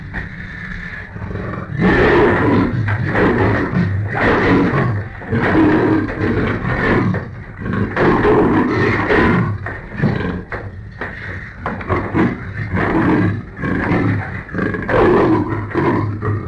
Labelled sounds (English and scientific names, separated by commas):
Leopard (Panthera pardus)